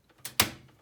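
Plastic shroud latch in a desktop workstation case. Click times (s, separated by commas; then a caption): 0.4 s. The first of two green plastic release tabs holding the card shroud in an HP Z400 desktop workstation is pressed to release the shroud. A faint tick and a louder rustling press come first, then a sharp pop at 0.4 s as the plastic shroud latch snaps open and releases.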